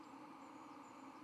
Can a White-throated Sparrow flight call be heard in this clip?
no